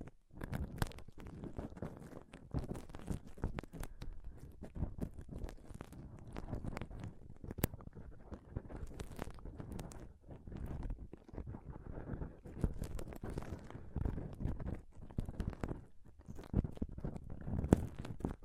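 Intense mic scratching and touching: dense, continuous rubbing and crackling, mostly low and rumbly, with frequent sharp scratchy bursts throughout.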